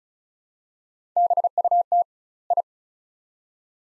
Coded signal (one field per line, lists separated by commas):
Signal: Morse code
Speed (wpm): 36 wpm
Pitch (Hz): 700 Hz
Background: none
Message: BUT I